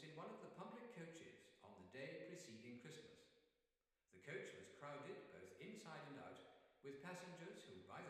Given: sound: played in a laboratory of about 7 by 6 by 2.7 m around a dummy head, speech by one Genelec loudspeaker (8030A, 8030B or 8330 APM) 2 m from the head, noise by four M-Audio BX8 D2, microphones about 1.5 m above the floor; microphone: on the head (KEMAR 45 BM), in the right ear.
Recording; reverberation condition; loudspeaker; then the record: male speech in English; high; 120 degrees to the right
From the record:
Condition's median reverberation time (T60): about 1300 ms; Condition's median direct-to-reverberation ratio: about -4.0 dB